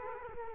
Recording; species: mosquito wingbeat signal from an infrared sensor; Culex quinquefasciatus